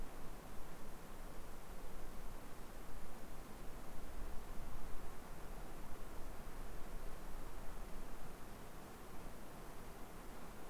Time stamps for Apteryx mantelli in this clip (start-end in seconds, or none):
none